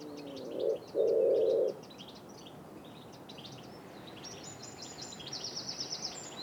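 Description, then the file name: Wood pigeon hooting call: a brief low coo followed by a longer, steady hoot, while small birds twitter and chirp high in the background. "pigeon ramier"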